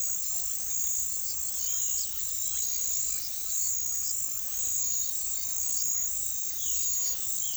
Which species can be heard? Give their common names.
unidentified bird, Russet-backed Oropendola, Violaceous Jay